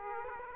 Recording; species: mosquito wingbeat signal from an infrared sensor; Aedes aegypti